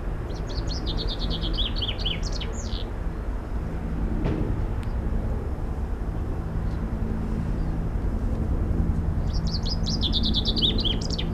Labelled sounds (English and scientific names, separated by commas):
Common Chaffinch (Fringilla coelebs) song